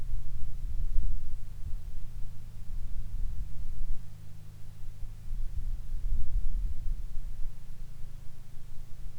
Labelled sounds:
wind, rain, aircraft
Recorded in the Arctic National Wildlife Refuge, Alaska, on 22 July 2019 at 15:36
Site 41

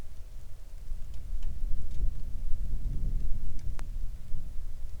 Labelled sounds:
wind, rain
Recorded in the Arctic National Wildlife Refuge, Alaska, on 3 August 2019 at 10:01
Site 41

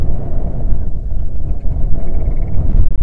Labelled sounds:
grouse or ptarmigan, wind
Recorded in the Prudhoe Bay oil fields, Alaska, on 6 June 2019 at 03:40
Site 16

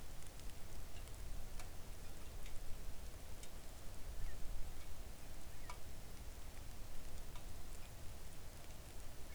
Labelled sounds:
seabird, rain
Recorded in the Arctic National Wildlife Refuge, Alaska, on 3 August 2019 at 05:45
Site 41

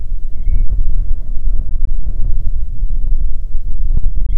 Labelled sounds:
bird, wind
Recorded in the Prudhoe Bay oil fields, Alaska, on 6 August 2019 at 05:24
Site 22

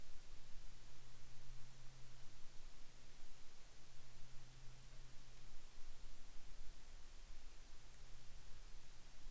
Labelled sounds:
near silence
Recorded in the Arctic National Wildlife Refuge, Alaska, on 7 May 2019 at 13:10
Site 43

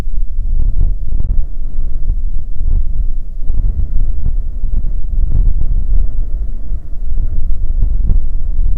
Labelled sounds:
weather or water
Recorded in the Prudhoe Bay oil fields, Alaska, on 15 May 2019 at 00:04
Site 19

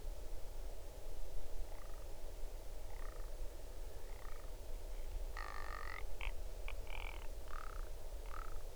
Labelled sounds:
grouse or ptarmigan
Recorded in the Arctic National Wildlife Refuge, Alaska, on 8 June 2019 at 01:10
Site 40

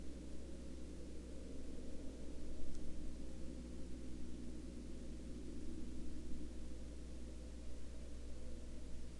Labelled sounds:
aircraft
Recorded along the Dempster Highway, Canada, on 11 October 2020 at 21:24
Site 23

